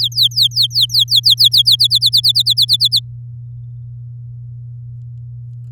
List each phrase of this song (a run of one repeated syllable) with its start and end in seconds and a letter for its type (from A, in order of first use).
0.00-1.76 A, 1.79-3.00 B